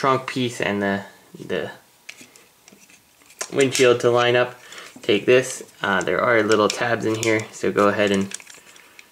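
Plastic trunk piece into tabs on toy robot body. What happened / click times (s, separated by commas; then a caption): Plastic parts handled and lined up, not yet seated / none. Someone talks while handling a plastic Toyworld TW-T04 Highway transforming robot toy, lining up its plastic trunk piece and windshield so the trunk piece fits into the small tabs on the robot body. Light plastic taps and knocks sound between the speech. Nothing has seated or clicked into place yet.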